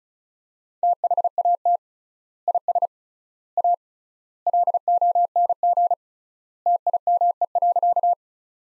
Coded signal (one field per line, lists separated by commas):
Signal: Morse code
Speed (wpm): 36 wpm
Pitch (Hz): 700 Hz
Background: none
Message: THAT IS A LONG TIME.